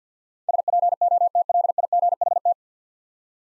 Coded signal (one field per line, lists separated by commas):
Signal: Morse code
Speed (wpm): 49 wpm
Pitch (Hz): 700 Hz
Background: none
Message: SPOTLIGHT